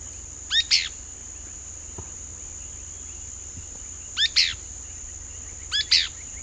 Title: LuckyPassaro Completos2Sama. Pale-breasted Spinetail (Synallaxis albescens josephinae (ssp assumed from location))